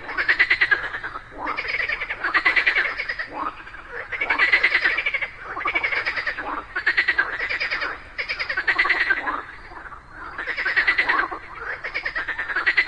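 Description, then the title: Frog chorus of rapid pulsed croaking trills in repeated loud bursts, several callers overlapping. A group of frogs calling together in chorus just after daytime rain. "Just after it rained during the day, a group of frogs happily cooperated perfectly, creating a symphony of nature."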